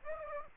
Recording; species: mosquito wingbeat signal from an infrared sensor; Aedes aegypti